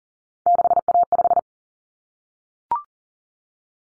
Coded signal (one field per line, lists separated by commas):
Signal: Morse code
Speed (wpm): 40 wpm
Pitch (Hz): 700 Hz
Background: none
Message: 6A5